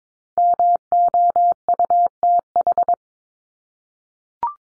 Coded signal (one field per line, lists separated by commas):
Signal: Morse code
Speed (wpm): 22 wpm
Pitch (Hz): 700 Hz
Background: none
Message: MOUTH